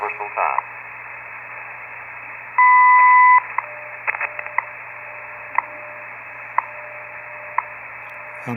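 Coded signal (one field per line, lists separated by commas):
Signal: radio time signal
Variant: WWV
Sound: static-filled radio, a short steady beep tone, then sharp ticks each second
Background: radio static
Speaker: here we are with the wwv and i will sit here for a little bit to see if i can detect the announcements from wwvh 13 hours universal time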